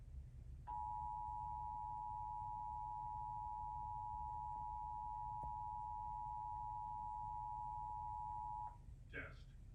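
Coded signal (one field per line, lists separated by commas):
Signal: Emergency Alert System (SAME) tones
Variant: 853 and 960 Hz attention tone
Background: speech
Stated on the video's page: Pennsylvania required monthly test relayed by a cable provider and local TV stations.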